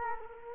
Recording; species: mosquito wingbeat signal from an infrared sensor; Culex quinquefasciatus